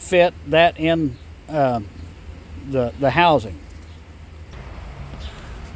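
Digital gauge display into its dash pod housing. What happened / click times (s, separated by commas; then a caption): Handled, no seating click yet / none. Someone talks while handling a Banks iDash digital gauge display, with its four-pin and six-pin connectors plugged in, getting ready to press-fit it into its plastic dash pod housing on a 2019 Duramax. Low background hum continues through the clip, and nothing has seated or clicked yet.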